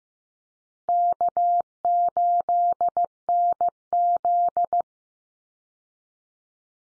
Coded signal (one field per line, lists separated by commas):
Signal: Morse code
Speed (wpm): 15 wpm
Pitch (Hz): 700 Hz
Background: none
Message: K8NZ